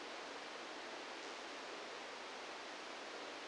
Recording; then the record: brain microelectrode recording played as sound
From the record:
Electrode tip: outside the subthalamic nucleus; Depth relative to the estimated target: 2 mm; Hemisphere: right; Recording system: NeuroSet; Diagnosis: Parkinson's disease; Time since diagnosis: 17 years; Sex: male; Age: 64 years